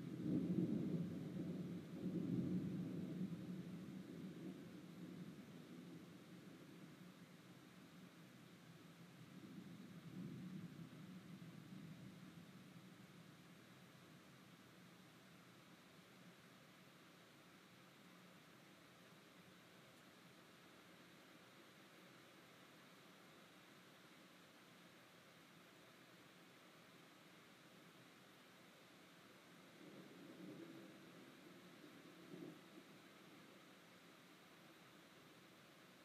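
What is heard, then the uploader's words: Thunder in a storm: a deep rolling rumble opens the clip and fades over the first few seconds, then swells again around ten seconds. A faint steady hiss fills the long quiet middle before a weaker low rumble returns near thirty seconds. ASMR Thunder Storm.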